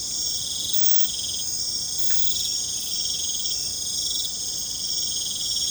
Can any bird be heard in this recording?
no